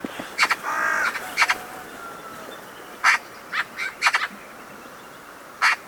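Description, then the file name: Eurasian magpie giving harsh, rasping chatter notes in short scattered bursts, with a faint tonal sound underneath early on. "Pica pica"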